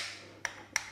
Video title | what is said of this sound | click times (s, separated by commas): Royal Enfield Classic 350 - Sky High on the abba Sky Lift | top lug at the bottom, it engages in, and then you just push it in and just snaps into place. | 0.5 s, 0.8 s